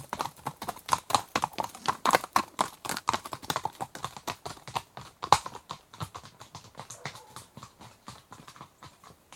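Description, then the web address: Horse hooves clopping in a quick, overlapping rhythm, gradually fading toward the end. Two horses walking past on a rough track, moving from left to right. "BBC Horses Walking"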